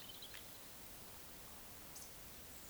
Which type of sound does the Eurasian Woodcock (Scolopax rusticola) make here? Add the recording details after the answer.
whistle, croak. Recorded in Baden-Württemberg, Germany, on 20 May 2021 at 19:44 UTC. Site 24606, 635 m above sea level